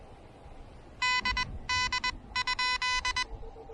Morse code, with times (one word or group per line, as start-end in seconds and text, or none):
1.0-1.4 D
1.7-2.1 D
2.4-3.2 ?